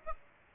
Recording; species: mosquito wingbeat signal from an infrared sensor; Aedes aegypti